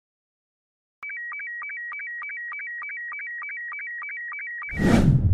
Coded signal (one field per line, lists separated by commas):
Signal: SSTV (slow-scan television)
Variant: Robot 72